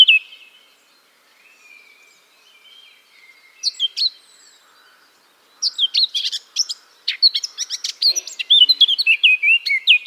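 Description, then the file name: Eurasian blackcap song: a few soft warbled notes early, then after a pause a rapid burst of varied, scratchy warbling notes with clear whistled phrases toward the end. "Sylvia atricapilla"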